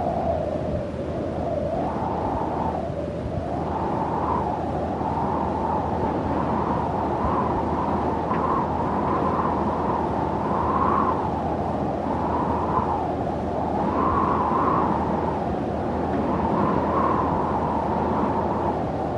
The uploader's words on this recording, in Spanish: Brisa Desértica. Sonido del viento de un cálido desierto.